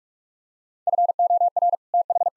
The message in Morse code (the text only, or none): FOR TH